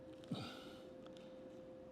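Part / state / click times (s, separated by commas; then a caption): zipper end stop onto plastic zipper tape / not seated / none. A plastic zipper end stop or slider is handled at the end of a plastic marine zipper tape, ready to be pressed down until it snaps into position. A short, breathy low rustle comes near 0.3 s, followed by two faint ticks around 1.1 and 1.2 s over a steady low hum. Nothing has seated or clicked yet.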